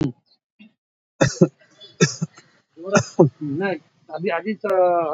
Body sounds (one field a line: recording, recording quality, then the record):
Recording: shallow voluntary cough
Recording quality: moderate, slight background noise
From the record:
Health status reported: healthy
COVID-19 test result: negative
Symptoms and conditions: none ticked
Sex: male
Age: 45 years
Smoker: not ticked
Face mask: worn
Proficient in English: yes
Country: India